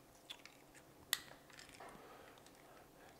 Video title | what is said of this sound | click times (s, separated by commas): Talaria ASI BAC4000 / BAC8000 Power Kit Install | you always want to hear that click that click is important when you make those connections | 1.1 s